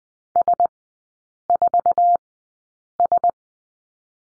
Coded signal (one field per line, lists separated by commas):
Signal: Morse code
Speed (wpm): 20 wpm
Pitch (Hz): 700 Hz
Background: none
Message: S4S